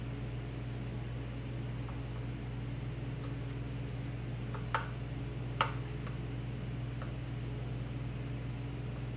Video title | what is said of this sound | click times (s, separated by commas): POLARIS MOD TRIPLE ULTRA SPX will it run again | a lot of times you hear a snap that's what you want to hear that means it's set in there | 4.7 s, 5.6 s